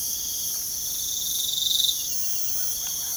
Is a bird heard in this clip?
no